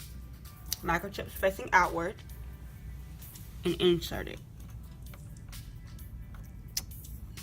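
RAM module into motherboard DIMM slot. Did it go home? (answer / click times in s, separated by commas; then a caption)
yes / 6.8 s. A second RAM stick, pins facing the right way, is pressed into its motherboard DIMM slot while someone talks. It seats with a sharp click at 6.8 s.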